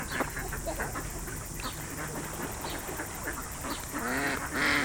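Ducks quacking together in a noisy flock, with louder harsh nasal calls toward the end over steady hiss.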